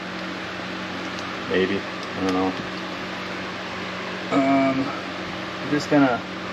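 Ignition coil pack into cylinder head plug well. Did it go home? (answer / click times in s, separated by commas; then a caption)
no / none. An ignition coil pack is being handled over its spark plug well in the cylinder head of a 2012+ Impala 3.6 LFX engine while someone talks in short bursts over a steady low hum. Nothing has seated or clicked yet; the clip ends before the coil snaps into place.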